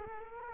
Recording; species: mosquito wingbeat signal from an infrared sensor; Culex quinquefasciatus